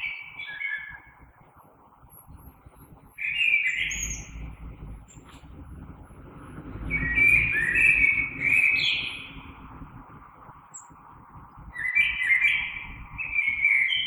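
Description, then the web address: Common blackbird song: repeated fluty phrases with squeaky high endings, four phrases spread across the recording, low background rumble in the middle. Recorded 3 March 2020. "oiseaux Merle 2020 03 03"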